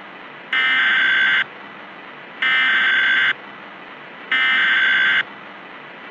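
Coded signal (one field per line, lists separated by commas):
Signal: Emergency Alert System (SAME) tones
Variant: header bursts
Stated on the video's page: Simulated EAS for a mock nuclear attack scenario.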